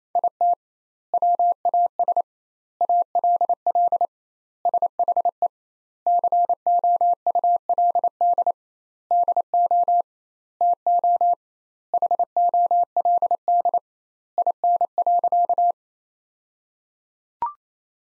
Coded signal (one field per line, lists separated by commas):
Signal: Morse code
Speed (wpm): 28 wpm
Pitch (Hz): 700 Hz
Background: none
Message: IT WAS ALL SHE COULD DO TO HOLD IN.